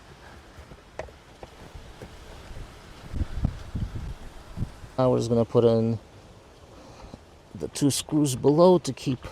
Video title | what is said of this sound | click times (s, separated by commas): Running CarPlay to Jeep’s Upper Dash + 2 more USBs | cover piece that just snaps back in got a Clips in | 1.0 s